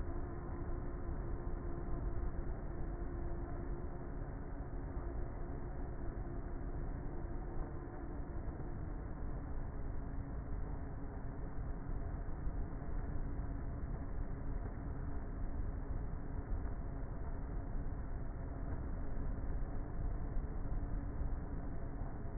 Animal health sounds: honeybee colony, microphone inside the hive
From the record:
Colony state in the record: queenless with a low population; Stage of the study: before two queens were removed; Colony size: about 30,000 bees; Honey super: no

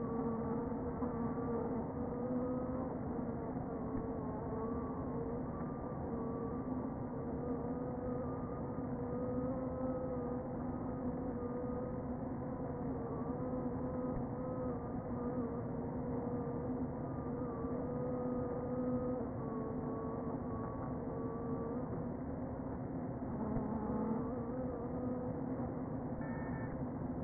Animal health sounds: honeybee colony, microphone inside the hive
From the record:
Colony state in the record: queen present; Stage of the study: before two queens were removed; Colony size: about 60,000 bees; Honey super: yes

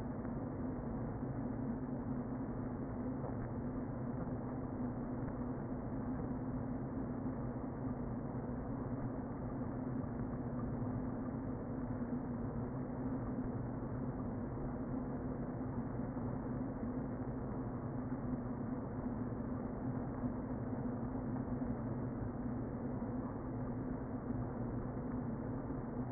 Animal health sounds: honeybee colony, microphone inside the hive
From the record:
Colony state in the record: queen present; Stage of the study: before two queens were removed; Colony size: about 60,000 bees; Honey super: yes

